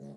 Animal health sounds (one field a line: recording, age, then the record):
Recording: pig call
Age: piglet (1 to 25 days)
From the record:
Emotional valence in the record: negative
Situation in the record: short isolation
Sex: female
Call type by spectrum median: low-frequency call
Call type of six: low-frequency stable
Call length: 0.17 s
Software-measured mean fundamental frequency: 52 Hz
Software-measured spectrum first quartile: 183 Hz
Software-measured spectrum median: 266 Hz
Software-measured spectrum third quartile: 534 Hz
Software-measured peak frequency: 212 Hz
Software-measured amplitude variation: 45 dB a second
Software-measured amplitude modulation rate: 27.2 a second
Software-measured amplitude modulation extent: 1.7 dB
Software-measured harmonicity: 2.0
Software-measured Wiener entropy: 0.15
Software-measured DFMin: 1276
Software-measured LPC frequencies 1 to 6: 500, 1863, 4267, 5151, 5958, 6761 Hz